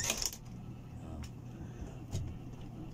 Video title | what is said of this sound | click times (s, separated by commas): door knob paano ba mag kabit kayangkaya moto | Hindi na yan ma-open. Dahil nakalock na. | 0.3 s